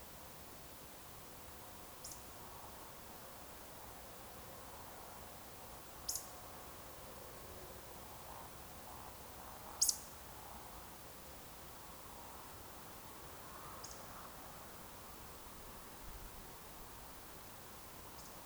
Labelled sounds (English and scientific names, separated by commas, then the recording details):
Eurasian Woodcock (Scolopax rusticola)
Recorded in Baden-Württemberg, Germany, on 27 June 2020 at 02:21 UTC
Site 43791, 788 m above sea level